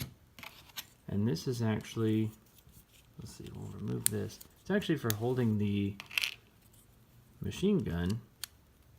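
A plastic piece for holding the machine gun is handled against a Robot Spirits RGM-79SP GM Sniper II (ver. ANIME) action figure while someone talks over it, with a few brief plastic ticks between the words. The piece is not clipped in yet, and nothing has seated by the end of the clip.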